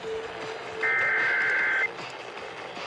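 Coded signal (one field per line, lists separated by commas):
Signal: Emergency Alert System (SAME) tones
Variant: header bursts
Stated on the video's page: EAS tones from a 2025 tsunami communications drill.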